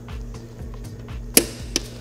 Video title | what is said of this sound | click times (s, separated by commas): HOW TO CHANGE & GAP KIA STINGER SPARK PLUGS THE RIGHT WAY - (THE BEST DIY) | you hear that click that's it we're done okay | 1.4 s, 1.8 s